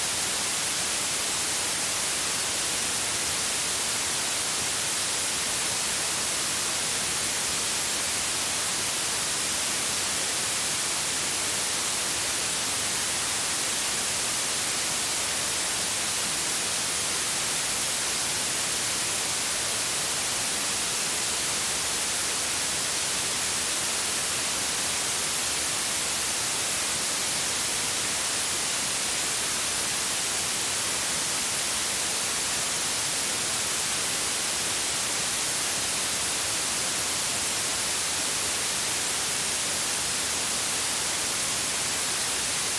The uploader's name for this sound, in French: Bruit blanc électronique